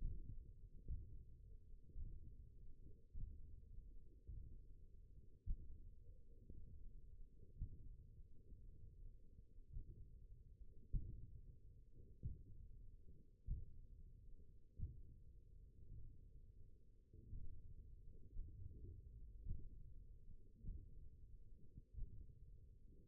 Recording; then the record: forearm muscle sounds (acoustic myography)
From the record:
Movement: index flexion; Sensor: system 1, eight BSWA MPA416 microphones around the upper forearm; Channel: 7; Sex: male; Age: 20 years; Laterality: left